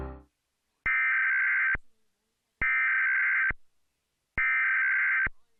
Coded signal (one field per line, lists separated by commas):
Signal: Emergency Alert System (SAME) tones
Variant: header bursts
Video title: National EAS Test Compilation (October 3, 2018, NYC)